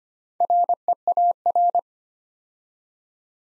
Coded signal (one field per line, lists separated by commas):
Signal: Morse code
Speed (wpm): 25 wpm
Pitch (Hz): 700 Hz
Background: none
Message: REAR